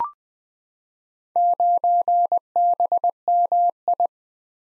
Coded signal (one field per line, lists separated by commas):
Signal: Morse code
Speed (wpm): 20 wpm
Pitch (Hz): 700 Hz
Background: none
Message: 9BMI